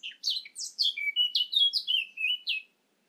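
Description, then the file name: Eurasian blackcap delivering a quick, clear warbled phrase of about a dozen varied notes, dipping and rising, lasting under three seconds before silence. "Sylvia atricapilla"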